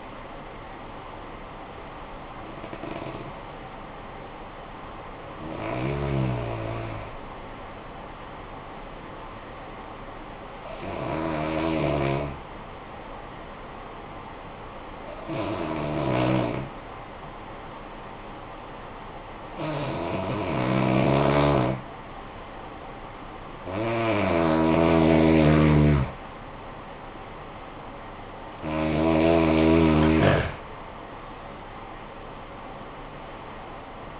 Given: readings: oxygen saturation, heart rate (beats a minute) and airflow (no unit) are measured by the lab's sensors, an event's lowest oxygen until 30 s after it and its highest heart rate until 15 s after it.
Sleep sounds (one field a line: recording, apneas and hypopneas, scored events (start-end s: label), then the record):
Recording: breathing in sleep by a voice recorder at the bedside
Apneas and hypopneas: 1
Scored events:
9.00-25.90 s: hypopnea (N1, oxygen 96% highest, then 89% lowest, heart rate 60 at the start, 74 highest)
From the record:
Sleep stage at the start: N1 (lightest sleep)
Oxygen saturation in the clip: 91 to 96%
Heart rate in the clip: 52 to 80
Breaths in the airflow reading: 7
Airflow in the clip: -11.6 to 11.4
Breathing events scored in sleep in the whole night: 445 in 7.6 hours asleep